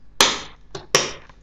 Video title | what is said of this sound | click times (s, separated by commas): How To Build a Home Office Computer - Full Build | until it clicks and now we've got eight gigs of ram installed | 0.2 s, 0.9 s